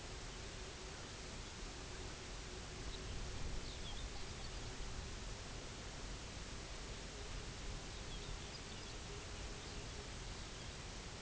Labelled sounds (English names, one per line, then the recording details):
Pectoral Sandpiper
unidentified sound
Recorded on Arctic tundra, site UTQI-0, on 16 June 2019
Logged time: 12:00